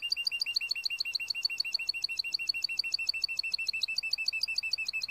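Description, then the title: Timbrado canary repeating one crisp high note in a very steady fast series throughout. Timbrado canary breed song in a training video. "Canary Bird Singing - Timbrado training video"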